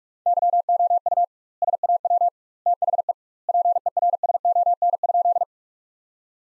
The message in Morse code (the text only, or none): YOU SAW THE PERSON?